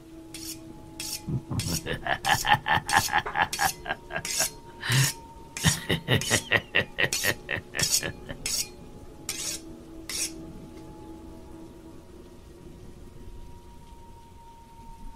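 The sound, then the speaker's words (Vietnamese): A knife is sharpened by scraping it again and again across the bottom of a small ceramic bowl, about a dozen harsh, ringing strokes in a steady rhythm, then it stops, leaving only a soft steady patter of rain on a cold rainy night. “Đoạn lão nhếch mép cười cười, lão miết miết con dao vào cái đít cái bát con.”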